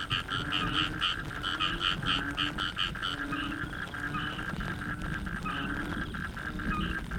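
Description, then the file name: Frogs chirping in quick high pulsed bursts, with faint low croaks underneath and a rumbling low background noise. Frogs in the Cherating wetlands, Malaysia. "yamaha frogs cherating wetlands"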